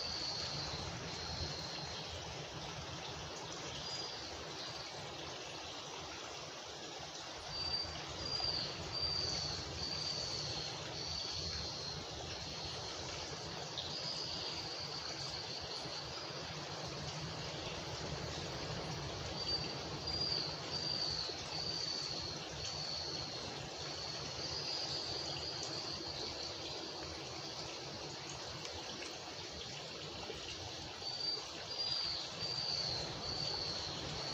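Atlantic tropical forest ambience, steady and dense throughout. A bright, high insect chorus hums constantly, swelling into wavering trills around 8, 14, 20 and 31 seconds, over a soft low rumble that never lets up.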